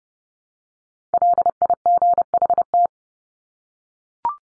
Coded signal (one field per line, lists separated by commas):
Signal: Morse code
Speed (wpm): 30 wpm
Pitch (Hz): 700 Hz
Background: none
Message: LIGHT